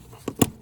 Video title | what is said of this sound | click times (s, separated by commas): 1981 MERCEDES Benz 380sl R107 REAR SHOCK REPLACEMENT GUIDE | so let's see if i can do it with one hand it kind of snaps into place push it this way | 0.4 s